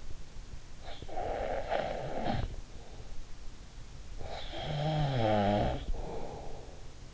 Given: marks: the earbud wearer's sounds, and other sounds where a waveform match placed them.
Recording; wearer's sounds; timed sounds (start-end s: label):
sounds in sleep by an in-ear microphone; snoring breath
0.75-3.06 s: snoring breath
4.10-6.83 s: snoring breath